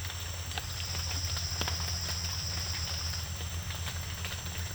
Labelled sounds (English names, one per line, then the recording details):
none
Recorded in secondary vegetation near Puerto Asís, Putumayo, Colombia, on 28 February 2025 at 18:00
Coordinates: 0.498, -76.327
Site G001